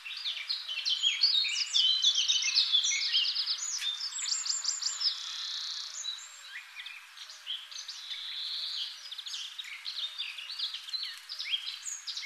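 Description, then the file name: Eurasian blackcap song, a fast scratchy warble of varied high notes and chattering phrases, running continuously with brief rises and falls in intensity. "Sylvia atricapilla"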